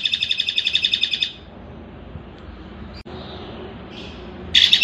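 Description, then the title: Streaked spiderhunter song: a rapid high chattering burst ends, then a quiet gap with a few faint notes, and another burst starts at the end. Long, clear song from a bird in full voice, used as a master recording for training birds. "Pijantung Gunung Gacor Jernih Panjang"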